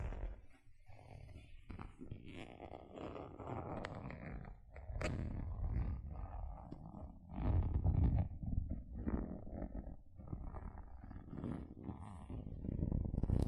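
Gentle scratching sounds go on throughout, a soft, dense rustle of many small strokes with a low rumbling undertone. A brief sharp click lands near five seconds, and the scratching grows heavier and louder around eight seconds, then continues unevenly to the end.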